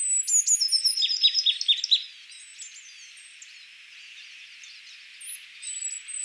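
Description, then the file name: Marsh tit calling, a quick run of four clear, high notes with thin, very high twittering above, then quieter scattered high chips. "Poecile palustris"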